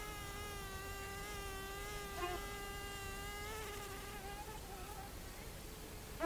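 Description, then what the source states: Gnats buzzing: a thin, steady whine with a wavering pitch that drifts and breaks up toward the end, over quiet background hiss. Gnats buzzing at night.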